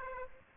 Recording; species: mosquito wingbeat signal from an infrared sensor; Aedes aegypti